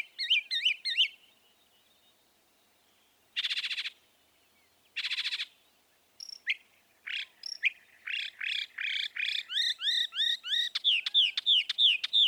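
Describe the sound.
Northern mockingbird mixing fast chirps, harsh buzzy bursts and a long accelerating run of sweeping notes.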